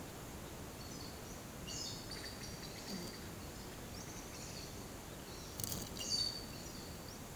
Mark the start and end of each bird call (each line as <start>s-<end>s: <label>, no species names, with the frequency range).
1.69s-3.15s: bird call (2.4-6.6 kHz)
5.94s-6.57s: bird call (2.6-6.7 kHz)